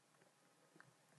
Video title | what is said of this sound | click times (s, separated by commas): Make a Domed Locket - Part 6 | for it to just click into place | 0.8 s